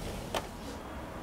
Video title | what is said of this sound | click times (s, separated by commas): Review: Dell S2817Q 4K Monitor | And once the stand is in, push it all the way in until you hear a click sound. So that means the stand has locked into place. | 0.4 s